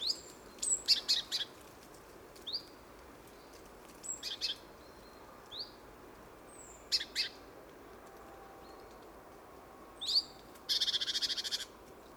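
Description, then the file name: Great tit calls: sharp, high chips given singly and in short clusters at irregular intervals, ending with a brief buzzy pulsed rattle. "Parus major"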